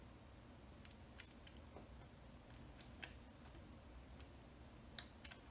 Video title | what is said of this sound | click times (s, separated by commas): turn a 12 dollar nook color tablet into a kindle fire competitor | nice it's got that satisfying click to it | 5.0 s